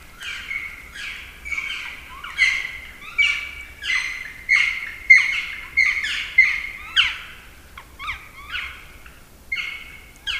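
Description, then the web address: Black woodpecker giving many clear, ringing calls, each sliding down at the end, repeated less than a second apart. "agykontroll Madardalok Cd 1. Fekete harkály"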